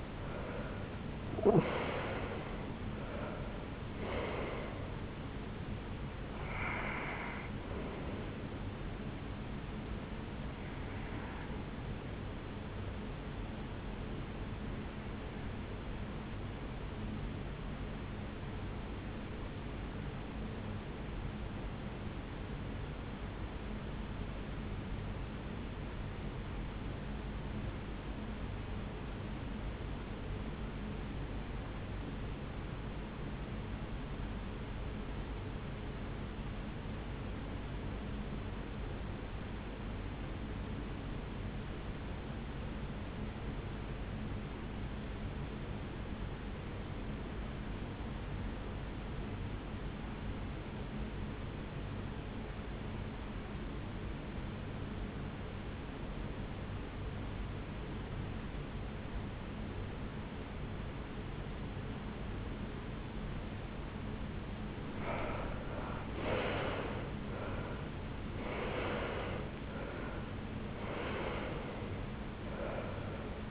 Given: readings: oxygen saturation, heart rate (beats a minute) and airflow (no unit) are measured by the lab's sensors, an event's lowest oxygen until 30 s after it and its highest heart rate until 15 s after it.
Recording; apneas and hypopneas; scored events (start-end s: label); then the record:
breathing in sleep by a voice recorder at the bedside; 1
21.00-64.00 s: hypopnea (N1, oxygen 96% highest, then 76% lowest, heart rate 61 at the start, 83 highest)
26.00-56.00 s: new sleep stage, REM sleep
56.00-73.51 s: new sleep stage, N1 (lightest sleep)
From the record:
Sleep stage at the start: N1 (lightest sleep); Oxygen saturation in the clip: 76 to 96%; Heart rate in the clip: 58 to 83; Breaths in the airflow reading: 9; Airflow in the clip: -12.5 to 8.9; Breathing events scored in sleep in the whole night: 449 in 7.0 hours asleep